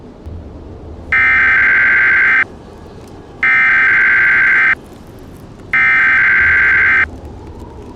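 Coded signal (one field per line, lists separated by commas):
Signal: Emergency Alert System (SAME) tones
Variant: header bursts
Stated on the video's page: Fictional EAS scenario, not a real alert.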